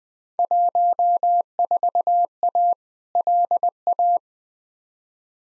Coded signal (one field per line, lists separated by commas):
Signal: Morse code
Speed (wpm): 20 wpm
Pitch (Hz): 700 Hz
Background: none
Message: 14A LA